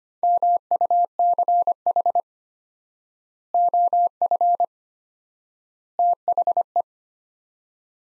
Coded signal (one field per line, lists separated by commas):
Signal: Morse code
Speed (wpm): 25 wpm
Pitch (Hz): 700 Hz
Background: none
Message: MUCH OF THE